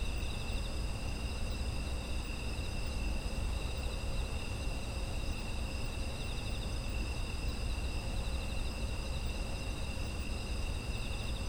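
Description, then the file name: Insects in a steady chorus, several high shrill trills layered at different pitches and droning without pause, over a constant low rumble. Autumn insect ambience. "秋の虫の環境音"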